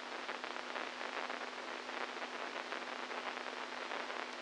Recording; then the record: brain microelectrode recording played as sound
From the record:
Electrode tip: inside the subthalamic nucleus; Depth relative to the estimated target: -4 mm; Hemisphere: right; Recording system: NeuroSet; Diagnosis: Parkinson's disease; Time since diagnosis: 10 years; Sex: male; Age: 65 years